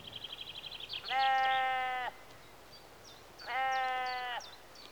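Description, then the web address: Sheep bleats, two loud harmonic bleats, with a rapid bird trill before and bird chirps after. Sheep in a rural exterior atmosphere, early evening, recorded mid close. "BBC Sound Effects Library BBC 52-Exterior Atmospheres-Rural Backg 10 Sheep Early Evening-Mid Close"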